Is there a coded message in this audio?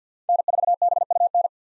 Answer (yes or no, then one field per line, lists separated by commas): yes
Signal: Morse code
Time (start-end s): 0.3-1.5 s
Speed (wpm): 50 wpm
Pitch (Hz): 700 Hz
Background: none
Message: N4BUN